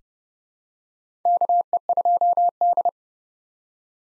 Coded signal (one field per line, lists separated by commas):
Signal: Morse code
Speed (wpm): 32 wpm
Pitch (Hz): 700 Hz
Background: none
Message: KE2D